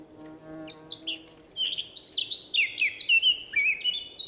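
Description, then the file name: Eurasian blackcap song starting with a few sharp high notes, then building into a loud, fluty warble of looping whistles; a low hum sounds briefly at the start. "Sylvia atricapilla"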